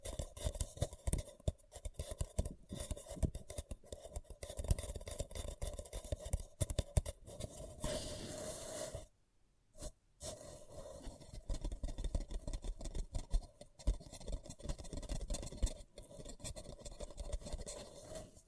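Paper cup tingles: a stream of rapid crinkling, tapping and scratching on a paper cup, dense and uneven. Around eight seconds a brighter rustling swell rises, then near nine seconds the sound drops out briefly before the scratching and tapping resume to the end.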